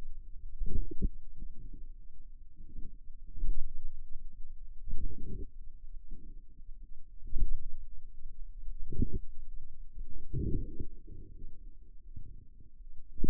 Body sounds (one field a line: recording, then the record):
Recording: forearm muscle sounds (acoustic myography)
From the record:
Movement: pen grasping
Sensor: system 2, bracelet of six BSWA MPA416 microphones around the upper forearm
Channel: 3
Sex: female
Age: 23 years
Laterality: right